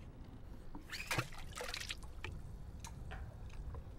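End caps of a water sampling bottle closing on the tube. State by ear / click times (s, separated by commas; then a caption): seated / 2.2 s, 2.8 s. A messenger weight sent down the line trips a water sampling bottle underwater, and its spring-loaded end caps snap shut on the tube. After some soft watery sloshing and dripping, two sharp clicks sound at 2.2 and 2.8 seconds. Both ends of the bottle are closed.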